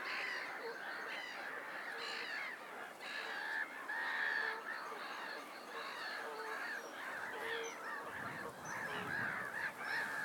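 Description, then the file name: Goose: geese giving honking calls within a loud chorus, with a burst of low wind rumble near the end. Lake ambience at Lackford Lakes with noisy geese and wind. "Lake ambience noisey seagulls geese wind Lackford Lakes"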